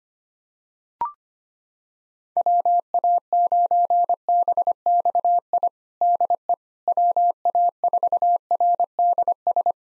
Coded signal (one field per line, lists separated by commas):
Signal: Morse code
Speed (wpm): 25 wpm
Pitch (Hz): 700 Hz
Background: none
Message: WA9BXI DE WA4RDS